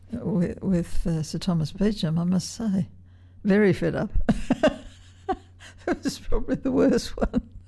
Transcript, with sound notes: with Sir Thomas Beecham I must say, very fed up. [laughs] That was probably the worst one!